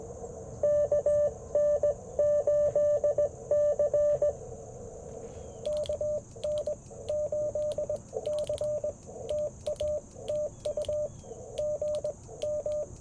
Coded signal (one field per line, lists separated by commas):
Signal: Morse code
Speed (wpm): 21 wpm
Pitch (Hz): 600 Hz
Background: radio noise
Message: KN8C KN8C TA TU GM